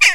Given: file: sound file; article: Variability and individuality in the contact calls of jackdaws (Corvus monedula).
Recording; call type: jackdaw call; harmonic